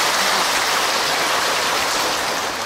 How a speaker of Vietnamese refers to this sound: Sư rất là tán thán, rất là cảm động, và xin cho một tràng pháo tay cảm ơn đạo tràng.